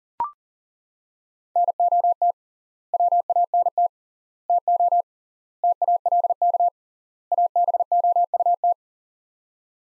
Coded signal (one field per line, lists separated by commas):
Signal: Morse code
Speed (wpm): 40 wpm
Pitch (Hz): 700 Hz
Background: none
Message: NOT WANT TO TALK ABOUT